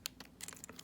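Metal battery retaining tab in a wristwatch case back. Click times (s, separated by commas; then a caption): 0.1 s. A flat-head screwdriver pushes the metal battery-retaining tab in a wristwatch case back down over the newly replaced coin cell so it can lock back in place. A sharp, bright click at 0.1 s marks the tab seating and locking, followed by several fainter small clicks and scrapes.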